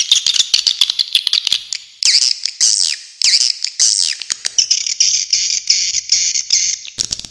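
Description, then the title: Swiftlet calls, rapid high chirps at first, then looping buzzy notes repeated about every half second, ending in a steady high twitter. Clean, clear calls. "Suara Walet Original Bersih Plus Jernih"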